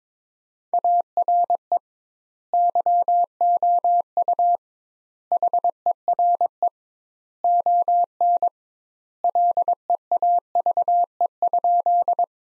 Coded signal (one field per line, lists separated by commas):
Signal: Morse code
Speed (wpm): 22 wpm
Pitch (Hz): 700 Hz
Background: none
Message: ARE YOU HERE ON LEAVE?